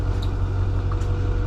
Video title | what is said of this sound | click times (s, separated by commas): 2011 International 3200 Shuttlebus RV Tour - PART 2 | So to open it, you have to pull this out till you hear it click, and then that's just open again. | 0.9 s